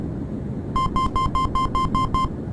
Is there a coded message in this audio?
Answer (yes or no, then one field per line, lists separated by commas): no